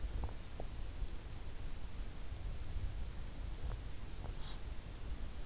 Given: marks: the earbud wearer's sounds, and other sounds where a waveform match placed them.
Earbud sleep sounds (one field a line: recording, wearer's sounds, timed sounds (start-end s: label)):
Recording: sounds in sleep by an in-ear microphone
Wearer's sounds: teeth grinding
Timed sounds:
0.16-0.81 s: teeth grinding
3.32-4.80 s: teeth grinding